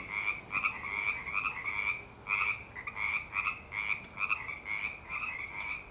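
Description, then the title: Frog chorus of raspy, pulsing croaks in quick overlapping bursts, continuing steadily throughout. Frogs returning for the year on Knickerbocker Lane, an annual event the recordist waits for every year. "The Frogs Have Returned To Knickerbocker Lane"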